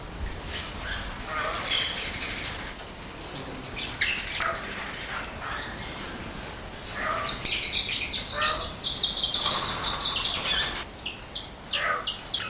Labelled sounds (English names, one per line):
White-necked Myna call